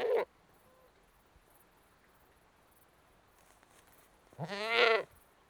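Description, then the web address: Saanen goat bleating: a brief clipped bleat at the start, then a quiet pause, then a longer, strained, quavering bleat near the end. One British Saanen goat, a livestock animal, bleating. "BBC Sound Effects Library. One British Saanen Goat Bleating"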